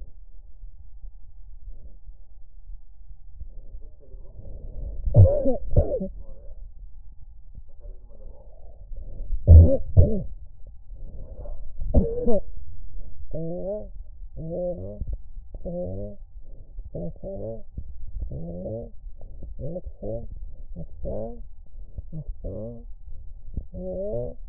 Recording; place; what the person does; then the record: lung sounds by stethoscope; left anterior apical chest; quiet breathing, then cough and speech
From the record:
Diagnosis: COPD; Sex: female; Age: 68 years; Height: 150 cm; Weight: 70 kg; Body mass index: 31.1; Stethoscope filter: extended mode